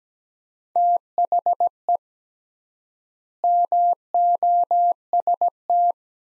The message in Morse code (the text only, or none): THE MOST